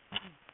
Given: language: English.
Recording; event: throat vibration sensor signal played as sound; cough